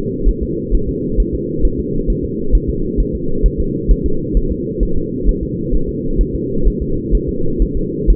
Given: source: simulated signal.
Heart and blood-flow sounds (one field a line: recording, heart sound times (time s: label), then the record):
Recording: fetal heart sounds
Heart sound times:
0.29 s: S1
0.43 s: S2
0.75 s: S1
0.89 s: S2
1.20 s: S1
1.34 s: S2
1.65 s: S1
1.80 s: S2
2.10 s: S1
2.25 s: S2
2.55 s: S1
2.70 s: S2
3.00 s: S1
3.15 s: S2
3.46 s: S1
3.60 s: S2
3.91 s: S1
4.06 s: S2
4.37 s: S1
4.52 s: S2
4.83 s: S1
4.97 s: S2
5.29 s: S1
5.43 s: S2
5.75 s: S1
5.89 s: S2
6.21 s: S1
6.35 s: S2
6.67 s: S1
6.82 s: S2
7.15 s: S1
7.29 s: S2
7.62 s: S1
7.77 s: S2
8.10 s: S1
From the record:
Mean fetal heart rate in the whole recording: 130 bpm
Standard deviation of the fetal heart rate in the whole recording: 2 bpm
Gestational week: 36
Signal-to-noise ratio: -8.1 dB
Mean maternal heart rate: 72 bpm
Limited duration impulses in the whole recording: absent